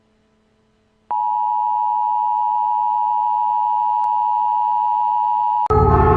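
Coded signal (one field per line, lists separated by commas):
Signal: Emergency Alert System (SAME) tones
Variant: 853 and 960 Hz attention tone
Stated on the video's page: Fictional alert alarm.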